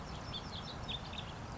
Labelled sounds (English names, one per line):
House Finch